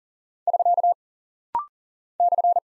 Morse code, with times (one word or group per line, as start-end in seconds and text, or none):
0.5-0.9 <SK>
2.2-2.6 /